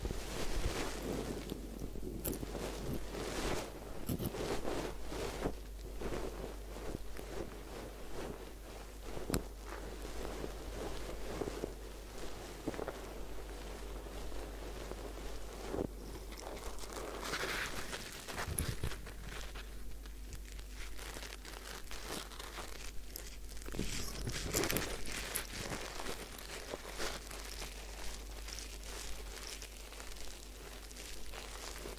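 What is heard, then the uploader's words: A head spa hair wash and massage, with continuous dense rubbing and scrubbing rustle and frequent small crackles throughout. A steady low hum runs underneath the whole time, and brief sharper bursts stand out near 2, 18 and 25 seconds. Head Spa Hair Wash, Massage, Ear Cleaning.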